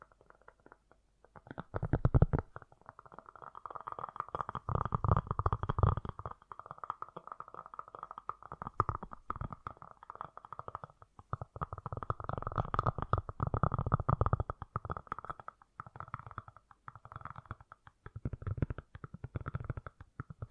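Fast, gentle tapping runs in dense, soft flurries with brief pauses, starting after a quiet opening and swelling around five and fourteen seconds.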